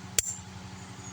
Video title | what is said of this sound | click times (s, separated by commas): how to unplug rear caliper plug 2020 santafe and others | that click and then you pull up and unplugs | 0.2 s